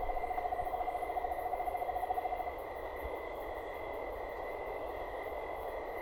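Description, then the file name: Black-capped screech owl song: the final two and a half seconds of a rapid, steady, low trill ending abruptly, over a constant hum of insects. "canto do corujinha sapo"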